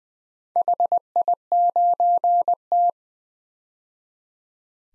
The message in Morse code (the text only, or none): HI9T